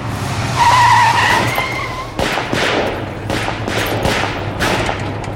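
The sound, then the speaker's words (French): A car carrying six people, including two children, brakes hard on a road in an ambush on 26 April 1944, its tires screeching in a long, high squeal over a low engine rumble, followed by a series of sharp, evenly spaced bangs. “Putain, y'a combien de personnes dans la bagnole?”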